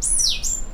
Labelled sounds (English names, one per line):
Stitchbird song